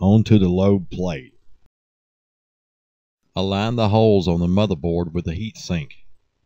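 Someone talks while a CPU heat sink is lined up with the mounting holes on a motherboard, near the CPU load plate, ready for its plastic push pins to be pressed down. Nothing has seated or clicked yet, and the heat sink push pins are not yet home.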